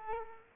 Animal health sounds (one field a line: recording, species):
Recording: mosquito wingbeat signal from an infrared sensor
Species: Culex quinquefasciatus